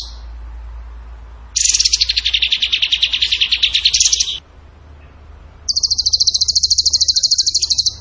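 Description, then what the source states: Bird song: a long, rapid, buzzy trill of nearly three seconds, a short pause, then a higher, even pulsed trill of over two seconds. Masteran training recording of bird song in the tembakan gacor style.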